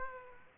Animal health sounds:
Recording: mosquito wingbeat signal from an infrared sensor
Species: Aedes aegypti

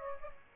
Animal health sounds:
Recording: mosquito wingbeat signal from an infrared sensor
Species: Aedes aegypti

